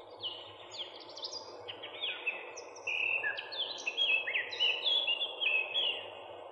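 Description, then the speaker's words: Eurasian Blackcap song, a quick run of varied warbled and whistled notes that grows louder and clearer in the second half. Described as one of our best forest singers. "А это песня Славки Черноголовки, одного из наших лучших лесных певцов."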